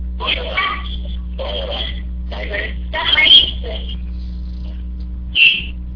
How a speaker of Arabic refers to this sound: هناك صوت العصافير شيخنا مرتفع جدا.